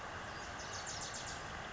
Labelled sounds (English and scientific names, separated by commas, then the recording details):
Wilson's Warbler (Cardellina pusilla)
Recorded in Sonoma County, California